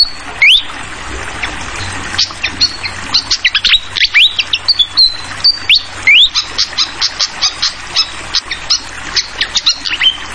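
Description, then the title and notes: Fantail singing bright whistled phrases with upward sweeps and short level tones between rapid chirps, and trickling water throughout. Tutoring recording (masteran) for training songbirds, described as having a clear voice, mixed with the sound of flowing water. "Masteran Sikatan Kipas Suara Jernih Dan Suara Gemericik Air. Suara Burung Sikatan Londo"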